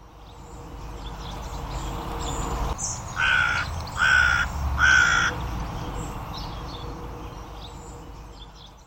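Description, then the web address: Bird giving three harsh, cawing calls about a second apart, each with a rough, buzzy tone, over a steady low rumble of background noise. "cianscape. Deverinetal. Bird Only"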